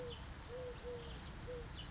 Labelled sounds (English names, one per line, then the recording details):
Eurasian Collared Dove
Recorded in Sonoma County, California